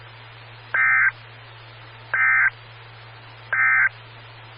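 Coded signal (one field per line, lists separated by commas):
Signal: Emergency Alert System (SAME) tones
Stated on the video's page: Morse ident of a SKYWARN repeater on 147.255 MHz.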